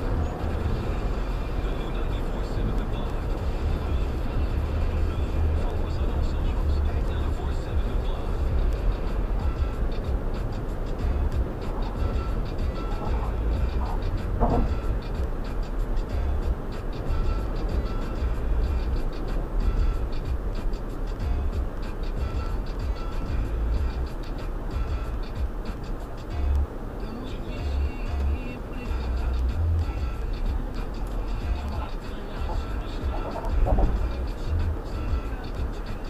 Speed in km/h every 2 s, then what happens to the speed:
111, 109, 109, 111, 111, 111, 108, 106, 105, 103, 93, 92, 87, 87, 87, 90, 90, 87.
0-10 steady at about 111. 10-25 slows to 87. 25-36 steady at about 87.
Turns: none.